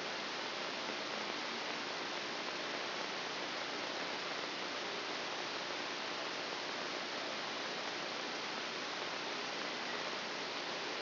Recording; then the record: brain microelectrode recording played as sound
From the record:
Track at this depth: inside the subthalamic nucleus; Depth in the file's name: 3.313 mm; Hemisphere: left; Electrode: 2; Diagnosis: Parkinson's disease